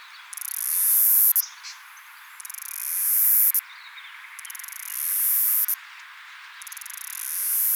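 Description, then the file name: Cicada singing in four shrill buzzes, each opening with quick ticks, then building for about a second; the first three stop abruptly, with short quiet gaps between. Recorded at Yarraman. "Myopsalta umbra Yarraman"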